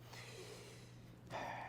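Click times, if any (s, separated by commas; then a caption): none. A fiber-optic light guide cable is being handled at the illumination port of an ophthalmic microscope, with a steady low hum and some faint handling noise that grows a little louder near the end. Nothing has seated or clicked yet.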